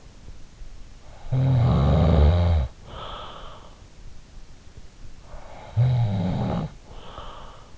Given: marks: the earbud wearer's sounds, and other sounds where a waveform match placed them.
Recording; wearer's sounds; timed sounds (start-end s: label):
sounds in sleep by an in-ear microphone; snoring breath
0.81-3.95 s: snoring breath
5.04-7.78 s: snoring breath